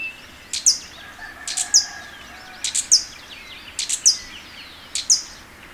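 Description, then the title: Black-crested Warbler with sharp, high chipping notes repeated roughly every second, fainter high calls behind. "Myiothlypis Nigrocristata"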